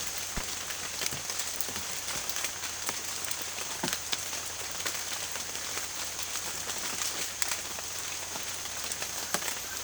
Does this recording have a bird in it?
no